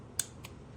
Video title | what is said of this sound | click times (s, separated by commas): レビュー GOYOJO トルクレンチ プレセット型 21点セット 差込角(1/4インチ) 2-24N.m 両回転対応 トルク精度 ±3% 自動車用、自電車、オートバイ、機械の整備 作業工具 （ 2-2 | that's a little click. This has got a really good click to it. | 0.2 s